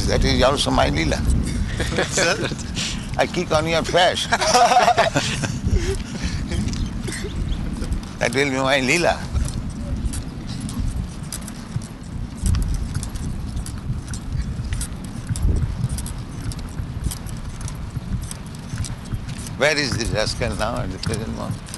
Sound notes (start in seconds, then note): 1.5 laughter; 4.1 more laughter